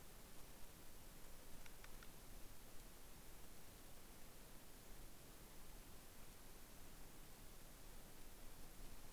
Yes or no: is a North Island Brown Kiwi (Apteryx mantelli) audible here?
no